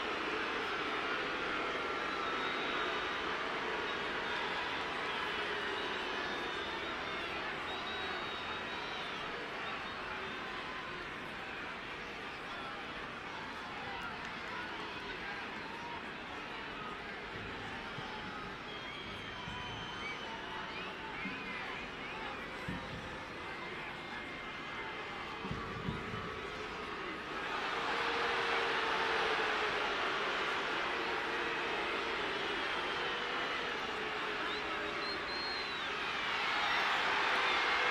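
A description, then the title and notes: Birmingham Legion FC fans fill the air with a dense, steady roar of crowd voices, shouts and chatter blending into one wash. A few low thumps land around 17 to 26 seconds, and the crowd swells louder near 28 seconds and again at the end. Sounds of 18,418 Birmingham Legion FC Fans.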